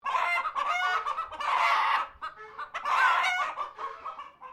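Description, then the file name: Japanese chicken squawking: loud, harsh squawks in bursts, loudest around one and a half and three seconds, with shorter clucking notes between. "CHICKENS JAPANESE SQUWARKING"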